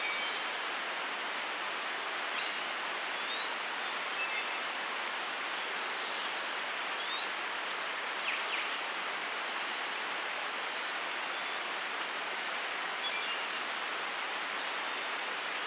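Bumblebee hummingbird calls: thin, very high whistles arching up and down in smooth slurs, three in the first ten seconds, with two sharp clicks over steady hiss.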